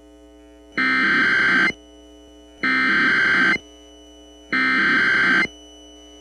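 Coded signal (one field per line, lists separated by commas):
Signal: Emergency Alert System (SAME) tones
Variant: header bursts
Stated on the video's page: Required Monthly Test for Okanogan County, Washington, aired on a local radio station.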